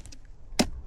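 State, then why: Seated. A portable easel's leg section is folded into its locking latch while the easel is packed up on a hillside at sunset. A few faint ticks come first, then a single sharp, bright click at 0.6 s as the leg latches firmly into place.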